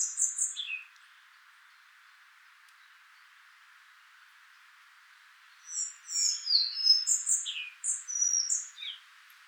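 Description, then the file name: Collared flycatcher song, a brief ending of one phrase, a pause of about five seconds, then a fuller strophe of high, scratchy and whistled notes. "Ficedula albicollis"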